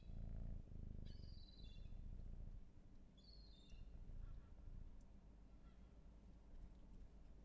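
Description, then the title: Cat purring as a low, steady rumble that fades after a few seconds, with high descending bird chirps and a faint background hiss. Raw field recording. "Field Recs Purrathon RAW"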